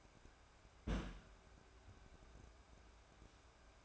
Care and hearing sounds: daily activity, microphone in the room; place on stove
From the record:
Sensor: 2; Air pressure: 1010.1 hPa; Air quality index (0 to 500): 161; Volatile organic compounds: 7 ppm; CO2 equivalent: 2022 ppm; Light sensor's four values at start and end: 42/101/45/51 and 42/101/45/51

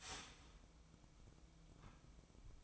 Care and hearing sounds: daily activity, microphone in the room; start toaster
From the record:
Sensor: 1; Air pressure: 1007.2 hPa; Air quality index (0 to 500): 73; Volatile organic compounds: 1 ppm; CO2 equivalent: 655 ppm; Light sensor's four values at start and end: 10/24/10/11 and 10/23/9/11

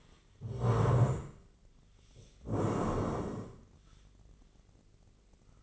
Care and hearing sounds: daily activity, microphone in the room; stand up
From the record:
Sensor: 4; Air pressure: 1013.1 hPa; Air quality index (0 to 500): 177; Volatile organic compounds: 2 ppm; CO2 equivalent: 1116 ppm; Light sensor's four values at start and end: 49/120/51/54 and 49/120/50/54

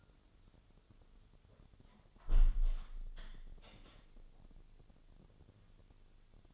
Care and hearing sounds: daily activity, microphone in the room; close window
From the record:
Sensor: 4

